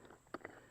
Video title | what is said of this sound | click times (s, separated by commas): Inflatable Ultra Light Stand Up Paddle Board Review | it'll connect and it locks in place and then we're good now | 0.3 s